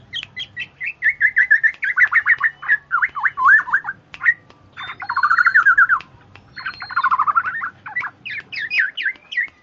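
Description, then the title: Black-naped oriole chattering song: fast runs of short whistled notes, with a couple of rattling nasal phrases in the middle. Singing is nearly continuous. Female; chattering (ocehan), described as special and effective for 'panci'. "ocehan kepodang BETINA"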